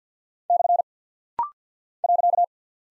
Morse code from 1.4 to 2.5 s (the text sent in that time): .